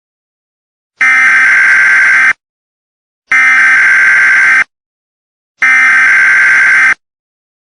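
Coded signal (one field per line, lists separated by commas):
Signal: Emergency Alert System (SAME) tones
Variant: header bursts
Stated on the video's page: Simulated EAS scenario.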